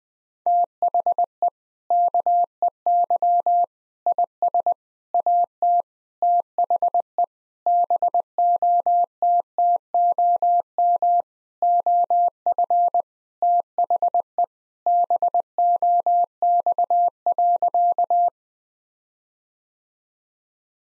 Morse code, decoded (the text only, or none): THE KEY IS AT THE BOTTOM OF THE BOX.